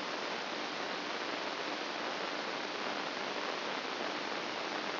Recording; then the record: brain microelectrode recording played as sound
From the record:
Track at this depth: inside the subthalamic nucleus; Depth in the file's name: 8.137 mm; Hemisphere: left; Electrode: 2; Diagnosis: Parkinson's disease